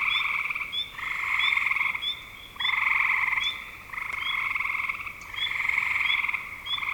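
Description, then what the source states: Frogs giving rattling pulsed trills in bouts with short pauses between, with brief higher chirps overlaid. Frogs recorded in spring 2025.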